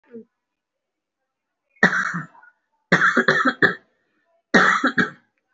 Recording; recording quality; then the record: heavy voluntary cough; excellent, no background noise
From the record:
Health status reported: recovered from COVID-19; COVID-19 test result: positive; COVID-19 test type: RT-PCR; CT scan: taken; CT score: 0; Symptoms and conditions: cough, asthma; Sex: male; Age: 18 years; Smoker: no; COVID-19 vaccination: none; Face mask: worn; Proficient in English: yes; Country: India